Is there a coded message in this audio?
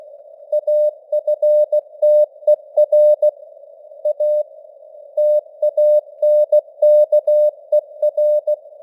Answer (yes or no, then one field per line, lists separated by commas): yes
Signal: Morse code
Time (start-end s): 0.5-8.5 s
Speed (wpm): 15 wpm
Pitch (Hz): 600 Hz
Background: none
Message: AFTER A TANKER